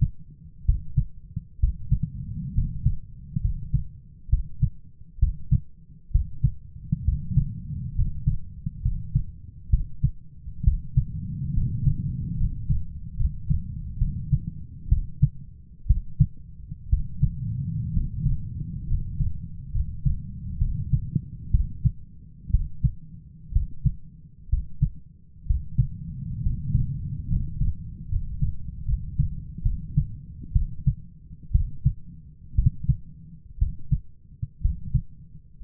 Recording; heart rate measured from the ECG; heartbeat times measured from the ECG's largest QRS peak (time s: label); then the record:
heart sounds by stethoscope; 65 bpm
0.64 s: heartbeat
1.59 s: heartbeat
2.53 s: heartbeat
3.40 s: heartbeat
4.29 s: heartbeat
5.18 s: heartbeat
6.10 s: heartbeat
7.04 s: heartbeat
7.94 s: heartbeat
8.81 s: heartbeat
9.69 s: heartbeat
10.63 s: heartbeat
11.53 s: heartbeat
12.36 s: heartbeat
13.16 s: heartbeat
13.98 s: heartbeat
14.88 s: heartbeat
15.86 s: heartbeat
16.89 s: heartbeat
17.92 s: heartbeat
18.86 s: heartbeat
19.71 s: heartbeat
20.58 s: heartbeat
21.50 s: heartbeat
22.50 s: heartbeat
23.52 s: heartbeat
24.49 s: heartbeat
25.46 s: heartbeat
26.42 s: heartbeat
27.27 s: heartbeat
28.08 s: heartbeat
28.84 s: heartbeat
29.62 s: heartbeat
30.52 s: heartbeat
31.51 s: heartbeat
32.55 s: heartbeat
33.58 s: heartbeat
34.61 s: heartbeat
35.61 s: heartbeat
From the record:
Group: healthy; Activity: rest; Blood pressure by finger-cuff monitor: 115/69 mmHg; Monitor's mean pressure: 84 mmHg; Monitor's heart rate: 63 bpm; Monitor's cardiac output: 7.3 L/min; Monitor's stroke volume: 112 mL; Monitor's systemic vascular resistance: 820 dyn s/cm5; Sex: male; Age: 23 years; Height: 178 cm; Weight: 96.6 kg